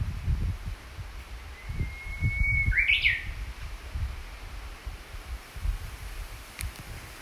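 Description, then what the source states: Japanese bush warbler song: a long, steady whistled note followed by a quick rising, warbled flourish, with low rumbling noise underneath. Recorded 14 June 2019.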